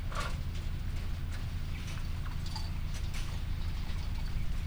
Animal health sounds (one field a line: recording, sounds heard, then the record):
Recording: poultry house recording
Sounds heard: sick chickens (respiratory disease)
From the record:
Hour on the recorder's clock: 3